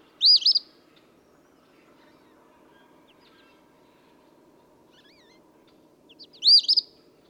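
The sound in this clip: Eastern phoebe song, two short raspy two-part phrases, one near the start and one near the end, separated by a long quiet gap.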